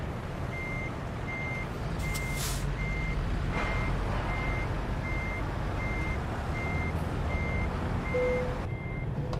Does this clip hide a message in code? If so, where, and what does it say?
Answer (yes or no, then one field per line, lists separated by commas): no